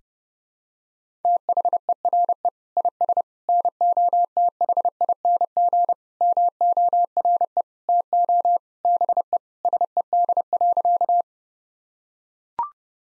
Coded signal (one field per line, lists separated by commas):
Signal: Morse code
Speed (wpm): 30 wpm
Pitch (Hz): 700 Hz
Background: none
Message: THERE IS NOTHING MORE TO BE SED.